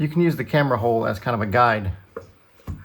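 A tablet is being handled and positioned onto the magnetic back panel of a keyboard case, using the camera hole as a guide, while someone talks. After the talking stops, two short taps of handling are heard at about 2.2 s and 2.7 s. Nothing has seated or snapped into place yet.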